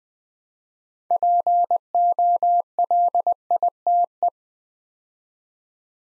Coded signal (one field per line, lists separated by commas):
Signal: Morse code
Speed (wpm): 20 wpm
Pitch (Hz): 700 Hz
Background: none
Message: POLITE